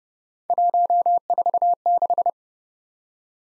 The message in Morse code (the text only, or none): 146